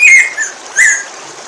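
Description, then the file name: Black-throated grosbeak calls: three clear whistled notes, the first sliding slightly downward, the last rising sharply then falling, separated by brief pauses. "bico de pimenta"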